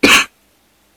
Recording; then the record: coughing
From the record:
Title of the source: 64 coughing, allergies, singing lungs